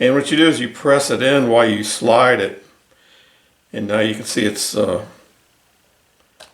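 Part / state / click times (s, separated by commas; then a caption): plastic push-button assembly into soap dispenser housing / seated / 6.4 s. Someone talks while a keyed plastic push-button assembly is pressed in and slid into the housing of a Simple Human hand soap dispenser, being repaired after a battery replacement. A short, sharp click at 6.4 s marks the button assembly seating into place.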